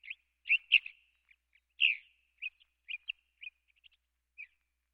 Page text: California Thrasher. Quick Sounds